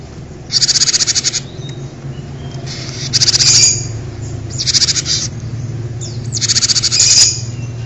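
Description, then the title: Bird song: four high, rapid buzzy trills, each about a second long, separated by short pauses, over a steady low hum. "kikicau"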